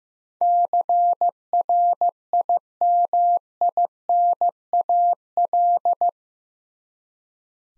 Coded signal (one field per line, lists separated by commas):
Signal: Morse code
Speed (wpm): 15 wpm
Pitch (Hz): 700 Hz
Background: none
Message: CRIMINAL